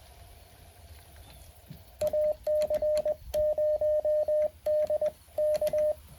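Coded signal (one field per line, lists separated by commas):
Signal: Morse code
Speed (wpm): 20 wpm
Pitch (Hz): 610 Hz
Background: radio noise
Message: AC0DK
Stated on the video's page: Morse code park activation sent from a Mountain Topper 4B transceiver into an end-fed half-wave antenna.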